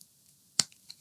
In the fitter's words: Until the click to hear and it's on.